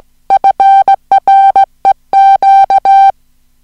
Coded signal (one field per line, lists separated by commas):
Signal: Morse code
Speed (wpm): 17 wpm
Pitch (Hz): 780 Hz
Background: music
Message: FREQ